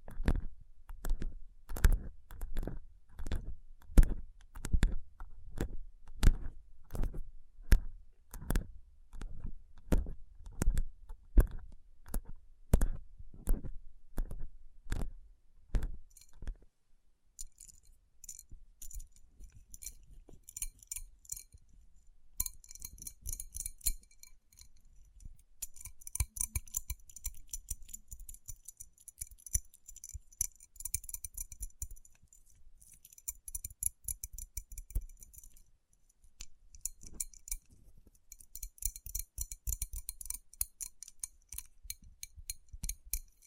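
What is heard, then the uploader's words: Fingers tap on rhinestone-covered palms in a steady, even run of sharp clicks with a soft low thump, about two per second, for the first sixteen seconds. The tapping then gives way to quieter rubbing, a bright, glassy scratching that comes and goes in patches. Tapping & Rubbing Rhinestone Covered Palms.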